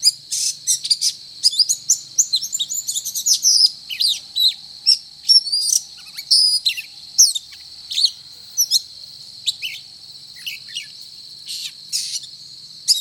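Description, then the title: Oriental magpie-robin delivering a near-continuous stream of sharp chirps, rising and falling whistles and clicks, with a steady high hum underneath. Title describes the bird as singing 'gacor', meaning actively and persistently. "Kacer Gacor"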